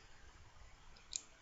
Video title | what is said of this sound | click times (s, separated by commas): Aspire Nautilus Mini Totally Sick Review | see and it clicks into place really well it's got this nice solid | 1.2 s